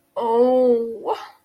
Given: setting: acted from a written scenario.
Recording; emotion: vocal sound without words; pain